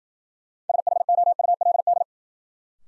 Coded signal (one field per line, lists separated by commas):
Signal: Morse code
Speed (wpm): 53 wpm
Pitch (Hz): 700 Hz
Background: none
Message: SHOULD